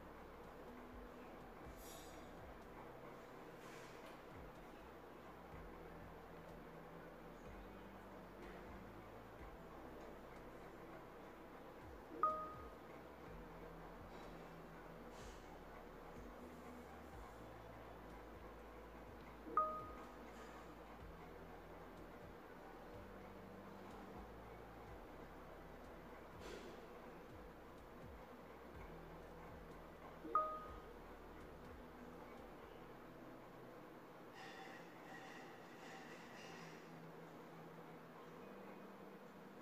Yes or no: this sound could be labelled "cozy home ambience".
yes